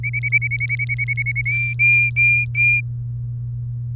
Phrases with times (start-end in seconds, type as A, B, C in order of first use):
0.03-1.42 A, 1.46-2.81 B